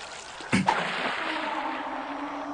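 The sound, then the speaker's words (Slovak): A sword slices into the water of a small clear spring with a sudden sharp splash, two quick bursts of spray, then a steady churning hiss of disturbed water that lingers with a faint low hum underneath. “Ako ste mečom do vody sekli, celá sa krvou zafarbila.”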